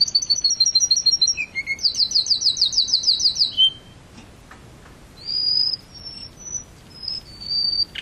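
Canary song: rapid high trills of repeated notes with a lower short phrase between them, then after a pause thin sustained whistled notes.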